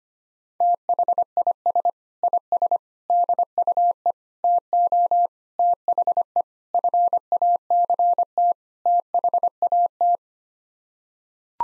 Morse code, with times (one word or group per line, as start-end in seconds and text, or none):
0.6-1.9 THIS
2.2-2.8 IS
3.1-4.1 DUE
4.4-5.3 TO
5.6-6.4 THE
6.7-8.5 FACT
8.9-10.2 THAT